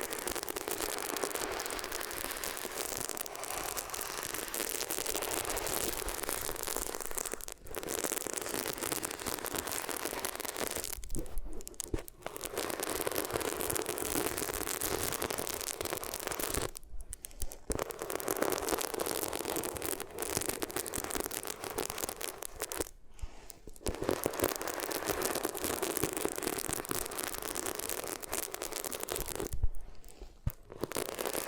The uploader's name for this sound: Rubbing Your Ears on Different Materials